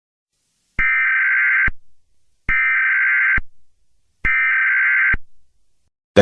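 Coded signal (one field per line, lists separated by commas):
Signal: Emergency Alert System (SAME) tones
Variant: header bursts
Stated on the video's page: Fictional EAS scenario using valid EAS tones.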